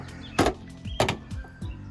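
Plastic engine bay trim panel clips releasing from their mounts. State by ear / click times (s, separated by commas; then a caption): released / 0.4 s, 1.0 s, 1.1 s. With the bolts underneath already removed, a plastic engine bay trim panel on the second side of a 370z is pulled with a little pressure while installing a cold air intake. Its clips snap loose from their mounts with sharp, loud snaps at 0.4, 1.0 and 1.1 seconds over a steady low hum, and the panel is released.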